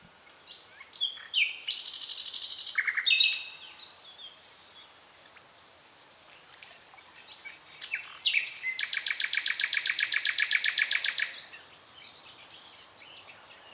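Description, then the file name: Common nightingale song: two loud bursts of fast repeated notes, the second a long rattling trill, separated by a quieter pause. "Luscinia megarhynchos"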